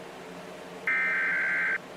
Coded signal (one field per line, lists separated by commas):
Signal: Emergency Alert System (SAME) tones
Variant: header bursts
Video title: Scary EAS scenario